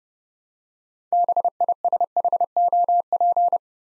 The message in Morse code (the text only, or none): BISHOP